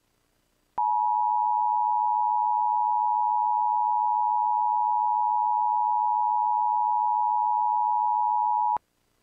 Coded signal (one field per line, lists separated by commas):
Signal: Emergency Alert System (SAME) tones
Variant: 853 and 960 Hz attention tone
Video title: EAS Mock: Administrative Message from TCPD